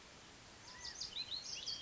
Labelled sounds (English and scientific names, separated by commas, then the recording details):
California Quail (Callipepla californica)
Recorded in Sonoma County, California